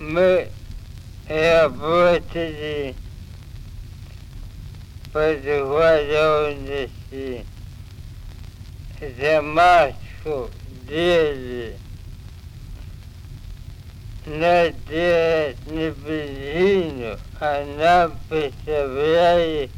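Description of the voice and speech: A 63-year-old man speaks Russian in slow, slurred phrases with long drawn-out vowels, monotonous pitch and long pauses between short bursts. Consonants are blurred throughout. This is pseudobulbar dysarthria: the same slurring as bulbar dysarthria, but drawn out and monotonous.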